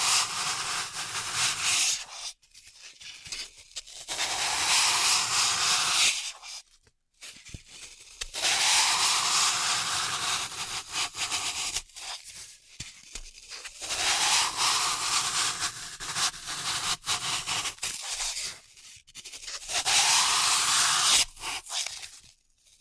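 Floral foam is crushed and cut in bursts of crisp, gritty crunching, each lasting a few seconds, separated by brief silences and sharp clicks.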